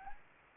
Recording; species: mosquito wingbeat signal from an infrared sensor; Anopheles gambiae